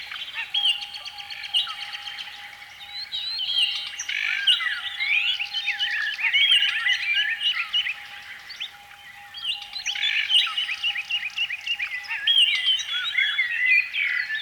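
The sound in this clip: Canary song, a long unbroken stream of rapid trills, rolling tours and sweeping whistled notes, with brief swells and dips in loudness, over a faint steady hum.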